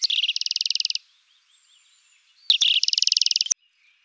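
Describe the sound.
Bird giving two fast, even, high trills about a second long, separated by a short quiet gap with faint twittering.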